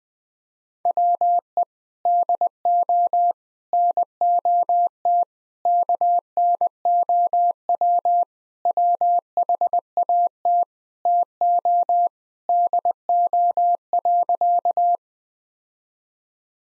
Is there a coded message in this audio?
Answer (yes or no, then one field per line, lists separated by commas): yes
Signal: Morse code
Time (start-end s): 0.9-15.0 s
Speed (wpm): 20 wpm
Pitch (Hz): 700 Hz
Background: none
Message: WE DO NOT KNOW WHAT TO DO.